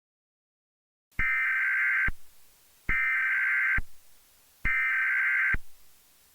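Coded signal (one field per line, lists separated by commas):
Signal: Emergency Alert System (SAME) tones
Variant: header bursts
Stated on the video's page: Fictional EAS scenario.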